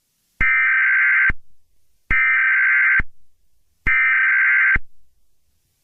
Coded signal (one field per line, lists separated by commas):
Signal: Emergency Alert System (SAME) tones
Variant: header bursts